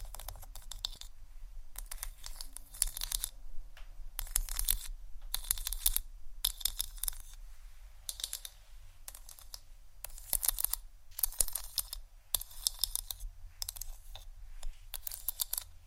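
Hair is brushed and combed in a steady series of crisp, scratchy strokes, about one every second or so, each a short bright rasp. Between strokes a faint low hum holds steady underneath, with a few small clicks scattered throughout.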